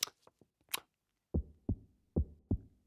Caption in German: Dieses entzückende, winzige Herztöne-Abhörgerät. Manchmal nennt man dieses Ding auch ein Stethoskop. Schlägt es nicht schön regelmäßig und ruhig? Mein kleines, liebes Herz klingt wunderbar entspannt.